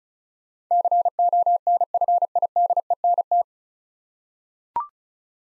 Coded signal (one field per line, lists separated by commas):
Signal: Morse code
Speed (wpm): 36 wpm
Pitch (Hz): 700 Hz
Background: none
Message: CONFIDENT